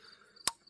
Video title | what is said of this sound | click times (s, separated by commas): MAF Sensor replacement, 2011 - 2015 Chevy Cruze | Push it on. Make sure you hear it lock. | 0.5 s